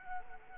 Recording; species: mosquito wingbeat signal from an infrared sensor; Culex quinquefasciatus